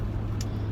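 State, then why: Seated. A driver fastens a car seatbelt, pushing the metal tongue into the buckle, over a steady low hum of the car. A short, bright click at 0.4 s shows the buckle seating.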